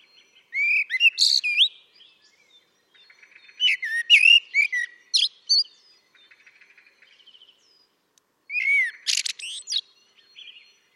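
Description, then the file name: Common blackbird delivering three separated phrases, each a short whistle leading into thin, high twittering notes, with quiet gaps between. "Turdus merula"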